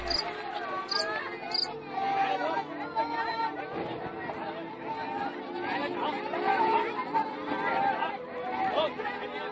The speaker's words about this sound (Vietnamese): Dế trốn dưới chân dừa gáy tiếng xè xè